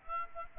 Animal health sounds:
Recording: mosquito wingbeat signal from an infrared sensor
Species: Aedes aegypti

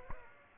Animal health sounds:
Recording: mosquito wingbeat signal from an infrared sensor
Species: Aedes aegypti

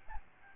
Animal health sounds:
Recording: mosquito wingbeat signal from an infrared sensor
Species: Aedes albopictus

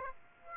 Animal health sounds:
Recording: mosquito wingbeat signal from an infrared sensor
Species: Aedes aegypti

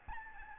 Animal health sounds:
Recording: mosquito wingbeat signal from an infrared sensor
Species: Aedes albopictus

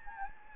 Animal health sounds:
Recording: mosquito wingbeat signal from an infrared sensor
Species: Anopheles gambiae

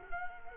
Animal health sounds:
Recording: mosquito wingbeat signal from an infrared sensor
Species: Culex quinquefasciatus

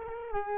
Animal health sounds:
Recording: mosquito wingbeat signal from an infrared sensor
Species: Culex quinquefasciatus

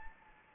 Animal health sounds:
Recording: mosquito wingbeat signal from an infrared sensor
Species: Anopheles gambiae

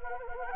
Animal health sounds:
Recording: mosquito wingbeat signal from an infrared sensor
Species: Anopheles gambiae

